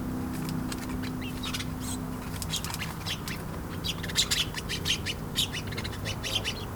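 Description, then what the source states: Sparrows chirping busily in an irregular stream of bright notes, with a low hum early on and a constant background rumble. Sparrows in their bush at bedtime in a village street in Veddelev, Denmark; distant traffic noise; recorded with Sony PCM-D100 internal mics.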